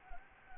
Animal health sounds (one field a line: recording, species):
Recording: mosquito wingbeat signal from an infrared sensor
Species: Anopheles gambiae